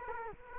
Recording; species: mosquito wingbeat signal from an infrared sensor; Culex quinquefasciatus